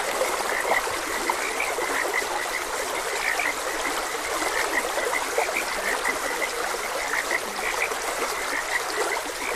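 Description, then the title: Frogs keep up a thick chorus of short repeated croaks, blended with the steady wash of a trickling stream. Frogs croaking beside a gentle stream. "Gentle Stream and Frogs Croaking"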